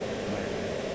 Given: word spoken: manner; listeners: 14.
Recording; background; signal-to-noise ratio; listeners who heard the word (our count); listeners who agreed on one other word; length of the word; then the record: one English word in noise, from a listening test; speech-shaped noise; -6.2 dB; 0 of 14; 6 of 14; 0.55 s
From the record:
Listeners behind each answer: 6, 1, 1, 1, 1, 1, 1, 1, 1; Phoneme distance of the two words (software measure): 7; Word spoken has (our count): 2 syllables, 4 phonemes, stress on syllable 1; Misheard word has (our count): 1 syllable, 3 phonemes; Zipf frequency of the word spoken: 4.17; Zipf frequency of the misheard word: 5.86